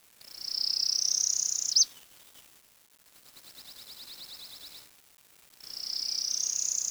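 Bird song, a high, buzzy trill that rises slowly and ends in a quick flourish, then a softer rapid pulsed trill, before the rising buzz starts again.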